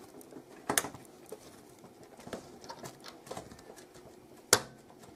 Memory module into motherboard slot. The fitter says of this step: we go two nice little clicks